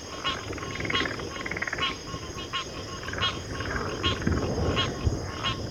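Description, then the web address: Cricket chorus as an unbroken high trill, mixed with repeated frog croaks and a low rumbling background. Chorus of crickets at a backwater. "WLL Grade 1-12 Pre-Uni Library Natures Songs Sleep Sounds of Nature CRICKETS Backwater Chorus"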